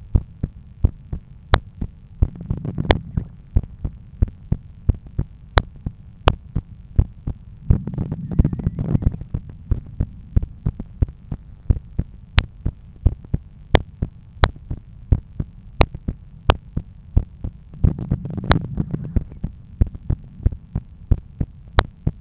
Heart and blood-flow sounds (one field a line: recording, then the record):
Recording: heart sounds by stethoscope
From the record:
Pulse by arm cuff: 90 bpm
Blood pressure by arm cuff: 126/79 mmHg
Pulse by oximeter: 88 bpm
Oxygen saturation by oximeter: 96%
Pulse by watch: 92 bpm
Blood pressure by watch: 128/82 mmHg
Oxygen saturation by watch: 97%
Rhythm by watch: sinus rhythm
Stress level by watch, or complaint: low stress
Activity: after 10 min smoking and coffee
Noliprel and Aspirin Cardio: after pills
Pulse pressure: 47 mmHg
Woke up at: 7:50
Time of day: 9:50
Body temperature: 36.6 C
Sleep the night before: 7 h 52 min, score 75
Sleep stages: REM 24%, light 55%, deep 12%, awake 9%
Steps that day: 9500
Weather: sunny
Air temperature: 18.5 C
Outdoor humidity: 80%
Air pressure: 1013 hPa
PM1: 4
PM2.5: 7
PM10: 9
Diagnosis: hypertension, treated with Noliprel and Aspirin Cardio 100 mg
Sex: male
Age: 53 years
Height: 174 cm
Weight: 81 kg